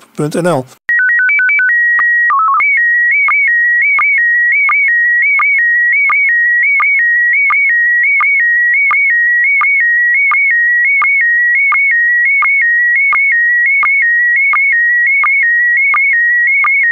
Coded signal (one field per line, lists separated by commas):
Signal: SSTV (slow-scan television)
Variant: PD 90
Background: speech